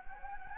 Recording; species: mosquito wingbeat signal from an infrared sensor; Anopheles gambiae